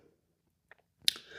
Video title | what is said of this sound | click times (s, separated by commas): New Yamaha MT-07 - Break-In Service FAIL - Manhattan Ride | when I heard the click right at the same time it kept on spinning | 1.1 s